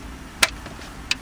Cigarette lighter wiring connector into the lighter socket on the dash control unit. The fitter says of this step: To hear the click.